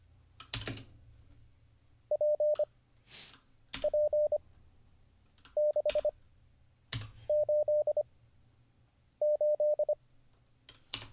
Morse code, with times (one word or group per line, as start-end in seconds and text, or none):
2.1-2.6 P
3.8-4.4 P
5.6-6.1 6
7.3-8.0 8
9.2-9.9 8